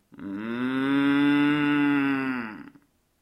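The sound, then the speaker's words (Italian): A single drawn-out cow moo from a herd of cows crossing a road, low and steady with a rich, buzzy tone, holding for over two seconds before tapering off. No voices. “Vacca, vacca, vacca, vacche, vacche, un mare di vacche, un oceano di vacche che attraversano la strada e ti guardano con quell'aria da...”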